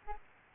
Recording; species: mosquito wingbeat signal from an infrared sensor; Aedes albopictus